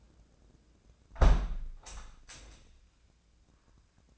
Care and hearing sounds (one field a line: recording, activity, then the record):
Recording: daily activity, microphone in the room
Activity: close window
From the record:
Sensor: 2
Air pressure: 1012.1 hPa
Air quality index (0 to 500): 128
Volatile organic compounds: 1 ppm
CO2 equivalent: 947 ppm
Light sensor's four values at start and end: 180/432/182/191 and 180/434/182/191